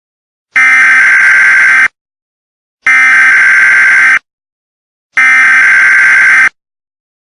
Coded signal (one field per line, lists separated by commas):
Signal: Emergency Alert System (SAME) tones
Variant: header bursts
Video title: EAS Scenario - Hurricane Luther